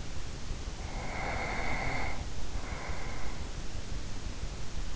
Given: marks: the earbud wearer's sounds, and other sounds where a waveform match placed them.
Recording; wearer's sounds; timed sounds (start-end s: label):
sounds in sleep by an in-ear microphone; breath
0.64-3.86 s: breath